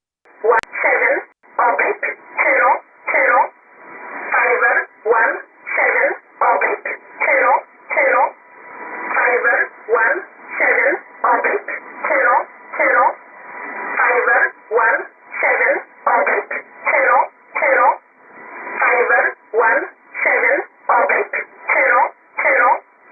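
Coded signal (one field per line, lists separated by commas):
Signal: numbers station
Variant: E11 Oblique, English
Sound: a flat voice reading short words one by one, evenly spaced, over radio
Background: radio static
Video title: 18 01 2018 E11 Oblique Numbers station in English to Eu 0645 on 7840 unknown tx site in USB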